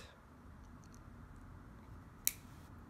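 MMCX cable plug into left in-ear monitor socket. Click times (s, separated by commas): 2.3 s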